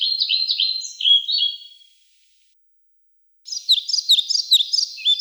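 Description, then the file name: European pied flycatcher song: a phrase of high notes, then a pause, then another, brighter chirping phrase. "Ficedula hypoleuca"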